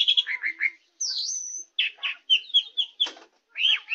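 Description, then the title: Oriental magpie-robin with short warbled notes, a long high whistle, quick chirps and one harsh rasp. "Kicau Kacer"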